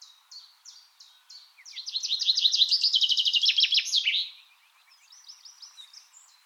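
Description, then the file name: Common chaffinch song: a few separate chips, then a loud, rapid trill running for over two seconds before ending, followed by softer background bird twittering. "Fringilla coelebs"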